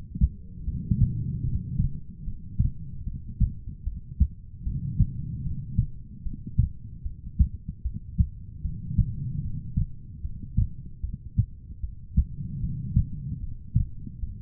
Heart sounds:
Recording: heart sounds by stethoscope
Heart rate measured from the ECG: 75 bpm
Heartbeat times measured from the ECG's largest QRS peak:
0.64 s: heartbeat
1.44 s: heartbeat
2.24 s: heartbeat
3.04 s: heartbeat
3.83 s: heartbeat
4.63 s: heartbeat
5.43 s: heartbeat
6.22 s: heartbeat
7.02 s: heartbeat
7.82 s: heartbeat
8.61 s: heartbeat
9.41 s: heartbeat
10.21 s: heartbeat
11.00 s: heartbeat
11.80 s: heartbeat
12.60 s: heartbeat
13.40 s: heartbeat
14.19 s: heartbeat
From the record:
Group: heart failure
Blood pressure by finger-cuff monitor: 80/49 mmHg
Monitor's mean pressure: 63 mmHg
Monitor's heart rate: 75 bpm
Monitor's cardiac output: 5.2 L/min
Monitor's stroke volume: 69 mL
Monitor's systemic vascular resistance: 850 dyn s/cm5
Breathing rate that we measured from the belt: 16 breaths a minute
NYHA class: 2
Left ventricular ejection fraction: 58%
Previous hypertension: present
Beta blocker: bisoprolol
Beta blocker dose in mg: 5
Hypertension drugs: ramipril, spironolactone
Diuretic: furosemide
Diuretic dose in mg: 160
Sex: female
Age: 55 years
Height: 155 cm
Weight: 67 kg

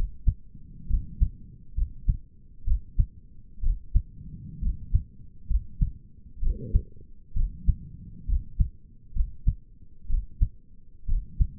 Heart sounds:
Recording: heart sounds by stethoscope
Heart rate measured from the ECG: 65 bpm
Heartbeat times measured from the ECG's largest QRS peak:
0.90 s: heartbeat
1.77 s: heartbeat
2.67 s: heartbeat
3.63 s: heartbeat
4.62 s: heartbeat
5.50 s: heartbeat
6.42 s: heartbeat
7.36 s: heartbeat
8.28 s: heartbeat
9.15 s: heartbeat
10.10 s: heartbeat
11.08 s: heartbeat
From the record:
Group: healthy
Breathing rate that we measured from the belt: 18 breaths a minute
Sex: male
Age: 22 years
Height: 181 cm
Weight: 79 kg

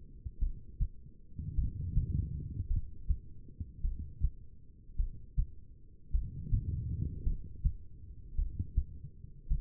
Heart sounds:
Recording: heart sounds by stethoscope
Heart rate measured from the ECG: 53 bpm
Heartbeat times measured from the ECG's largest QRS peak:
0.38 s: heartbeat
1.54 s: heartbeat
2.67 s: heartbeat
3.81 s: heartbeat
4.96 s: heartbeat
6.11 s: heartbeat
7.23 s: heartbeat
8.35 s: heartbeat
9.47 s: heartbeat
From the record:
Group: heart failure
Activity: rest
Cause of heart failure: non-ischemic cardiomyopathy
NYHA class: 1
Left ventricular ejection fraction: 52%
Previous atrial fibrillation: present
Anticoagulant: apixaban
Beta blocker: bisoprolol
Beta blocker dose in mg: 10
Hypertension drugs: sacubitril-valsartan, spironolactone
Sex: female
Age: 68 years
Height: 169 cm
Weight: 71 kg

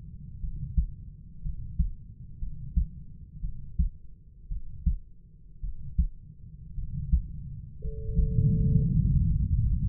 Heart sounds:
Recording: heart sounds by stethoscope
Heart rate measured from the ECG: 58 bpm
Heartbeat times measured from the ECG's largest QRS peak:
0.41 s: heartbeat
1.42 s: heartbeat
2.39 s: heartbeat
3.41 s: heartbeat
4.49 s: heartbeat
5.61 s: heartbeat
6.75 s: heartbeat
7.81 s: heartbeat
8.79 s: heartbeat
9.67 s: heartbeat
From the record:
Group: healthy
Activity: rest 0-9 s, Valsalva maneuver 9-10 s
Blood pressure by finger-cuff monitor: 102/51 mmHg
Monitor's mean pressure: 63 mmHg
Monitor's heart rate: 56 bpm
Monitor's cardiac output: 5.2 L/min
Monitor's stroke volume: 94 mL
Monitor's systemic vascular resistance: 870 dyn s/cm5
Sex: male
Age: 25 years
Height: 170 cm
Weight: 70.4 kg

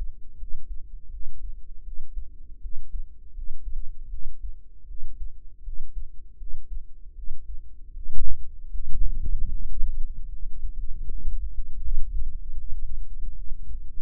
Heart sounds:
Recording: heart sounds by microphone in the right ear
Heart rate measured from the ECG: 79 bpm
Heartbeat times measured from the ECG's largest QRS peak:
0.37 s: heartbeat
1.09 s: heartbeat
1.82 s: heartbeat
2.60 s: heartbeat
3.33 s: heartbeat
4.09 s: heartbeat
4.86 s: heartbeat
5.62 s: heartbeat
6.36 s: heartbeat
7.14 s: heartbeat
7.92 s: heartbeat
8.69 s: heartbeat
9.48 s: heartbeat
10.28 s: heartbeat
11.07 s: heartbeat
11.79 s: heartbeat
12.55 s: heartbeat
13.34 s: heartbeat
From the record:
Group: healthy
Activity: cold pressor test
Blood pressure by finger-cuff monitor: 92/63 mmHg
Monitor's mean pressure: 75 mmHg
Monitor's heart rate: 79 bpm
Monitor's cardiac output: 6.7 L/min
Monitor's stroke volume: 84 mL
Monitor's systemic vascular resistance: 800 dyn s/cm5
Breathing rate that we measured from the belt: 22 breaths a minute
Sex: female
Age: 19 years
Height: 163 cm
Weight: 48.9 kg

